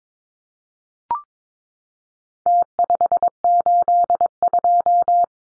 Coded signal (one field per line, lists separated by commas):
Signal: Morse code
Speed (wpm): 22 wpm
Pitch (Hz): 700 Hz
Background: none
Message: T582